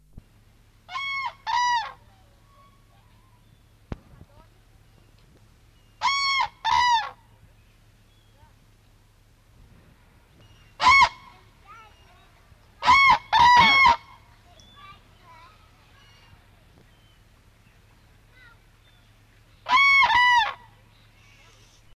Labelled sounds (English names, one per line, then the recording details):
Common Crane call
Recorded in captivity
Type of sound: call
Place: Artis Zoo, NL
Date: 1973-09-01
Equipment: Halbspur, 9,5 cm/s
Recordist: Lütgens, Hans
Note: Artis Amsterdam, vor der Fütterung